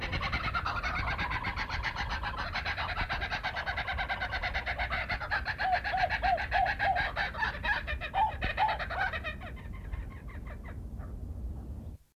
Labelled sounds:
Laughing Kookaburra call

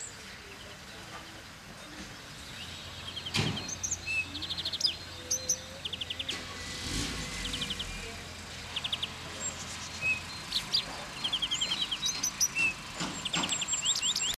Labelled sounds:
European Greenfinch song

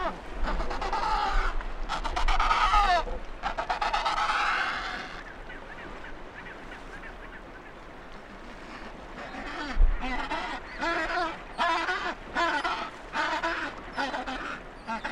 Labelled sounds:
Adelie Penguin call

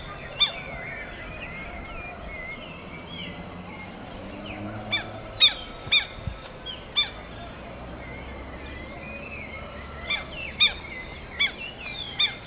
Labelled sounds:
Southern Lapwing call

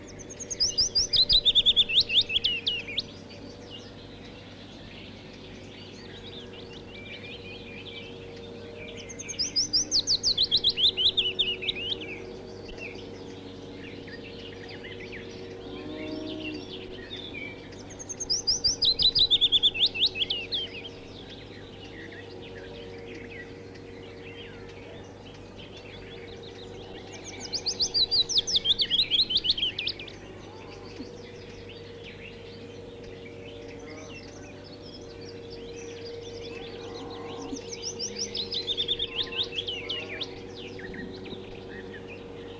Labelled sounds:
Willow Warbler song

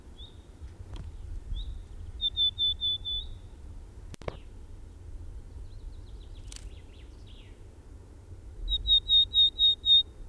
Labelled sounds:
Willow Tit song

